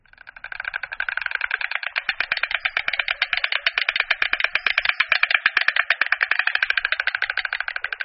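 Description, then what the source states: White Stork bill clattering: a rapid, dry rattle of clicks lasting about eight seconds. Instrumental bill-clattering sound, not a voice; the bird is almost mute; heard most often on arrival at the nest, head thrown back, sometimes onto the back, and neck feathers ruffled.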